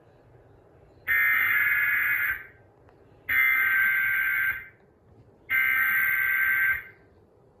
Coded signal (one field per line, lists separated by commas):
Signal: Emergency Alert System (SAME) tones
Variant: header bursts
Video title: Severe Weather EAS Alert-A-Thon (Cox) 8/27/2024